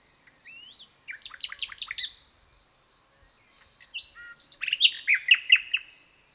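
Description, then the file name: Common nightingale song: two bursts of rich, varied notes, with rising whistles and rapid trilled chirps between roughly one and two seconds and again near the end, a pause in between. "Luscinia megarhynchos"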